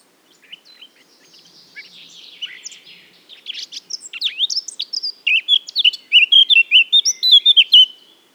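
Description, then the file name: Eurasian blackcap singing, opening with a quiet, scratchy warble that swells into a loud burst of pure, fluty whistled notes in quick succession. "Sylvia atricapilla"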